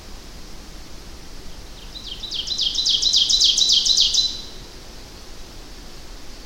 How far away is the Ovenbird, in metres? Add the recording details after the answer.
about 15 m. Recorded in boreal forest in Alberta, Canada, on 25 June 2016 at 07:55. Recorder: SongMeter 3, array SBT-6-76. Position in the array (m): 295 m, 84 m. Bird 1